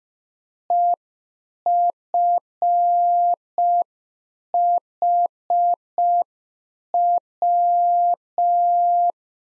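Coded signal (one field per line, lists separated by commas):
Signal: Morse code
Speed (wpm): 5 wpm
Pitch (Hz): 700 Hz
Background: none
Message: EFHW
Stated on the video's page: Practice QSO exchange (rig, antenna, weather) sent in Morse at 5 wpm for head-copy drill.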